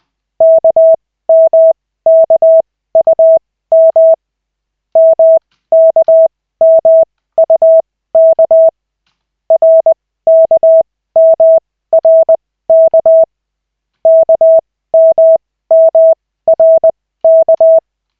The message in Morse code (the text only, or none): KMKUM MKMUK RKMRK KMMRK